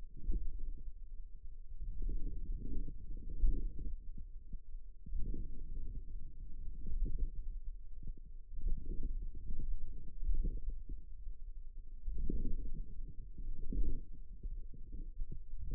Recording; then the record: forearm muscle sounds (acoustic myography)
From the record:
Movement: outward rotation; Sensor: system 2, bracelet of six BSWA MPA416 microphones around the upper forearm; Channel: 4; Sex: female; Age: 21 years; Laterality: right